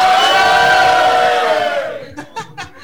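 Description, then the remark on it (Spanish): A crowd roars and yells in a loud, sustained wall of voices for about two seconds, then the noise fades and a few scattered shouts and claps break through. “Che, yo le quiero decir, hay mucho internacional acá porque dijo grito. No dijo aplauso.”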